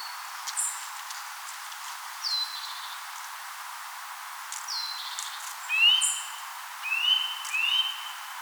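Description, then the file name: Eurasian nuthatch calls: three rising whistled notes near the end, mixed with other birds' thin descending whistles and high chips earlier on. "Sitta europaea"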